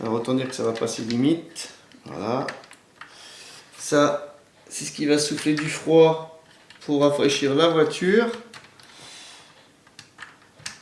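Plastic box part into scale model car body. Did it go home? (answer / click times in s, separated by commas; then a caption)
yes / 10.7 s. A plastic box part is pushed into place on a 1/8 scale Ford GT40 model car by Altaya, near the rear, while someone talks through most of the clip. A few faint taps of handling come between phrases, then a sharp click at 10.7 s as the part seats and fits together well.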